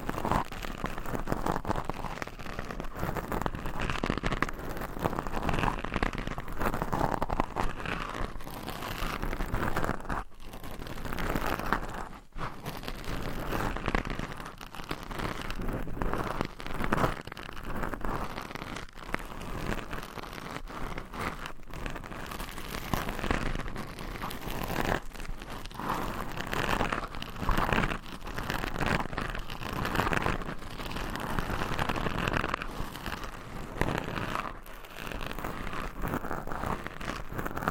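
Scratching with nails across microphone covers fills the whole recording, a dense, busy rasping that never lets up. The strokes come quickly and unevenly, with brief sharp breaks around ten and twelve seconds. The texture is bright and crackly, almost like rain on a surface.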